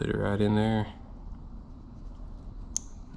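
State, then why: Seated. Someone talks, then the red wire's crimped terminal is pushed into its slot in the plastic connector housing of a Ryco integrated turn signal harness on a Yamaha RMAX 4. A short, sharp click is heard at 2.8 s as the terminal snaps and locks into the housing, seated.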